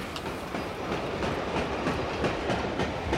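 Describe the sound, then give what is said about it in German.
A heavy, fully loaded southbound freight train rumbles past steadily, its dense low roar layered with repeated rhythmic clatter of wheels over rail joints, loud and continuous throughout. “Schneider schaute dem vollbeladenen Güterzug nach, der Richtung Süden vorbeidonnerte.”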